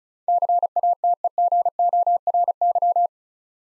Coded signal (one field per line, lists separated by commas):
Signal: Morse code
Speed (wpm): 34 wpm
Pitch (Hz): 700 Hz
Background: none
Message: CATEGORY